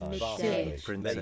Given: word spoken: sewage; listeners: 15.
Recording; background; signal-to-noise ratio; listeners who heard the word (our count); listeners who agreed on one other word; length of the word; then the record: one English word in noise, from a listening test; four-talker babble; -2.8 dB; 0 of 15; 10 of 15; 0.82 s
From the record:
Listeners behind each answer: 10, 2, 2, 1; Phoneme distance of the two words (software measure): 48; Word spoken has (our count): 2 syllables, 5 phonemes, stress on syllable 1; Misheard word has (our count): 2 syllables, 5 phonemes, stress on syllable 2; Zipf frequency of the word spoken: 3.58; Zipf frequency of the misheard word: 3.64